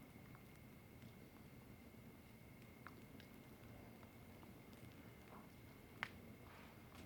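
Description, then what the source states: Crickets give a steady, faint high trill that runs unbroken throughout, with soft crackles and light movement noises scattered over it. Night at a campsite hut, with a crackling fire, embers and light movement.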